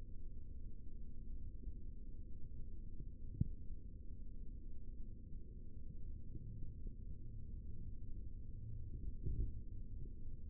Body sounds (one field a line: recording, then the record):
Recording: forearm muscle sounds (acoustic myography)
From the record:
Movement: rest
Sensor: system 3, bracelet of six PUI Audio POM-2738L microphones around the upper forearm, with dedicated amplification and filtering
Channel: 6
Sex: male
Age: 23 years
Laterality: right